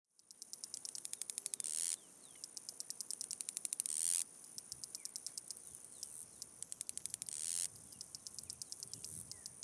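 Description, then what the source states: Insects in chorus: trains of rapid high clicking, broken by a few loud hissing buzzy bursts, over a thin continuous high whine. Soundscape in Chapada Diamantina park, Brazil.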